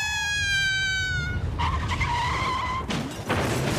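A sound effect in the radio serial Résident Jean Lamour: tires of a speeding car with no brakes screech in a loud, high squeal sliding downward in pitch at a bend during a storm, a second squeal follows, then a sudden crashing impact bursts out with a rumbling low end.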